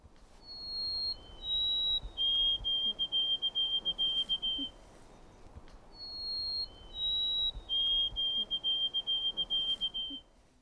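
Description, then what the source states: White-throated Sparrow song, given twice: a few clear, high whistled notes, then a run of quick paired whistled notes on one pitch. More recent song variant in which the three-note 'Canada' ending is replaced by a two-note ending.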